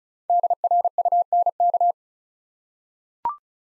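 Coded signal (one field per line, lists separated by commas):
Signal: Morse code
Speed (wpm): 36 wpm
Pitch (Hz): 700 Hz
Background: none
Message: DRUNK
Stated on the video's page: Five-letter word head-copy drill at 35 wpm; each word sent in Morse, spoken, then sent again.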